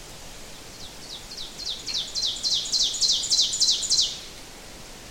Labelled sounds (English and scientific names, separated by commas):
Ovenbird (Seiurus aurocapilla) song